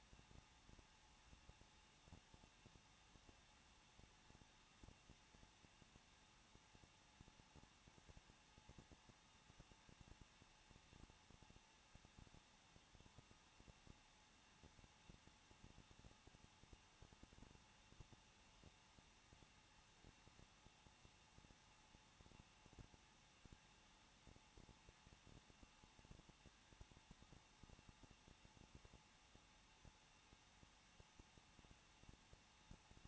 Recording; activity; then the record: daily activity, microphone in the room; no activity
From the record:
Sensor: 1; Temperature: 20.1 degrees Celsius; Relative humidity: 39.1%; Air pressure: 1006.4 hPa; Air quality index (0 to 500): 216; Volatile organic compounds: 74 ppm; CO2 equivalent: 3553 ppm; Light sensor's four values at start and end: 1/2/1/1 and 1/2/1/1